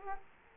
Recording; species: mosquito wingbeat signal from an infrared sensor; Culex quinquefasciatus